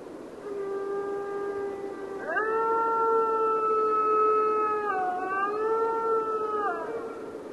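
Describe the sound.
Mexican wolf howling in a long, smooth tone that jumps upward partway through, holds level, dips briefly, then recovers, with rich harmonics throughout.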